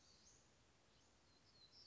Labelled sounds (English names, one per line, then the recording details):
Black-throated Gray Warbler
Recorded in Sonoma County, California